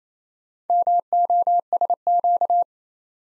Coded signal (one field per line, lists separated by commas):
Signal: Morse code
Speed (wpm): 29 wpm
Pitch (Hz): 700 Hz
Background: none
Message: MOSQ